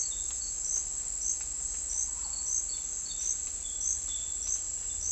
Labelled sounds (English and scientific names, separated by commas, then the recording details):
none
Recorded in dense forest near Puerto Asís, Putumayo, Colombia, on 21 December 2024 at 09:00
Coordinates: 0.485, -76.318
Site GP03